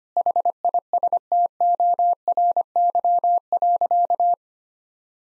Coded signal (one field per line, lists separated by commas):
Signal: Morse code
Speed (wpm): 25 wpm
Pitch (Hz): 700 Hz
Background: none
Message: HISTORY.